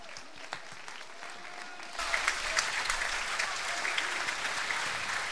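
Audience applause for all 14 contestants at a competition final, a dense crackle of many hands clapping that starts moderately and swells louder about two seconds in, then holds steady to the end with no voices.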